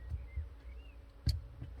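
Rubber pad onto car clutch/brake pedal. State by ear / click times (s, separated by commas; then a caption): seated / 1.3 s. A rubber pad is slid onto the metal clutch or brake pedal of an Audi A3 8P from the bottom and worked into position. Low, soft handling noise leads to a single sharp click at 1.3 s. The pad has gone on smoothly and is seated in place.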